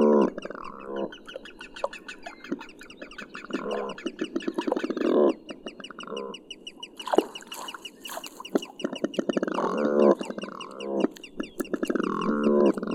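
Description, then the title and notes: Smew giving repeated harsh, rattling croaks in bursts throughout. "Uivelo. Viikon luontoäänen esitteli Hannu Jännes"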